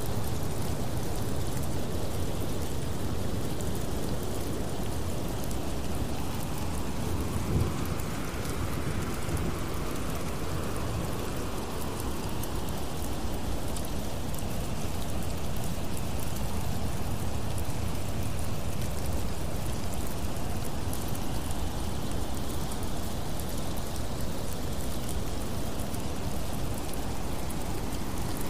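Heavy rain pours down in a dense, unbroken hiss that stays almost perfectly level for the whole stretch. A low rumbling fills the bottom, suggesting distant thunder rolling under the downpour, with one brief crackle near the eight-second mark.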